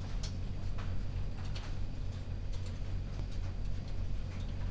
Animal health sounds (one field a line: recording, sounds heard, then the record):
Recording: poultry house recording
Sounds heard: no chicken sound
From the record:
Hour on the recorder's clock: 1